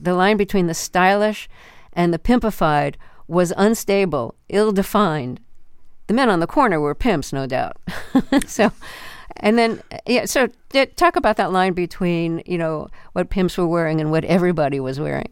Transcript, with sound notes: The line between the stylish and the pimpified was unstable, ill-defined. The men on the corner were pimps, no doubt (laughter). So, and then - yeah, talk about that line between, you know, what pimps were wearing and what everybody was wearing.